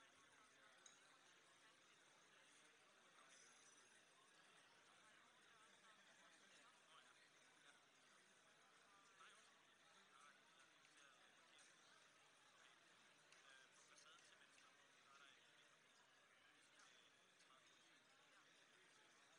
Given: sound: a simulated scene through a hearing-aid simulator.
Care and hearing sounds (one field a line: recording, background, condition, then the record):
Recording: conversation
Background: cafeteria (anchor of the quiet scene)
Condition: -6 dB SNR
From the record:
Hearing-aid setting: anchor resembling a broken hearing aid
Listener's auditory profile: D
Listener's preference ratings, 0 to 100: 0, 1, 0